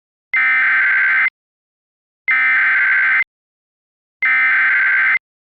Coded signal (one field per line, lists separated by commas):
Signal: Emergency Alert System (SAME) tones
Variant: header bursts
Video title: EAS Recreation (5/10/22): A False Evacuation